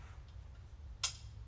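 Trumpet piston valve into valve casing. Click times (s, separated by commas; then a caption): 1.0 s. A trumpet piston valve is twisted again in its metal valve casing until it clicks into place with a single sharp, bright click at 1.0 s over a low background hum. The valve is seated and no longer moves.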